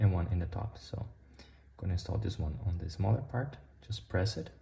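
Someone talks while handling a replacement plastic knob, about to press it onto the smaller side of a pocket synth case so it clicks onto the shaft. Only speech is heard, and the knob has not seated or clicked yet.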